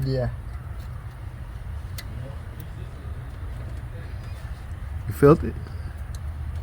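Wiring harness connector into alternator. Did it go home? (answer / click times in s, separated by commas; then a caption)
yes / 2.0 s. A wiring harness plug is pushed into a new alternator's socket by hand, with its red safety tab pressed down to lock it, giving a faint, sharp click at 2.0 s over a steady low hum. Someone talks briefly. The connector is seated, and a pull test confirms the locking tab holds.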